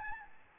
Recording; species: mosquito wingbeat signal from an infrared sensor; Aedes albopictus